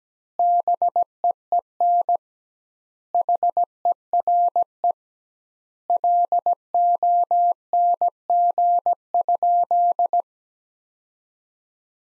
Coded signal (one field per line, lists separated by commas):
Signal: Morse code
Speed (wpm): 17 wpm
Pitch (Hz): 700 Hz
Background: none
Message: BEEN HERE LONG?